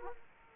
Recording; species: mosquito wingbeat signal from an infrared sensor; Aedes aegypti